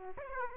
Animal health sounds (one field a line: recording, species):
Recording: mosquito wingbeat signal from an infrared sensor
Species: Aedes aegypti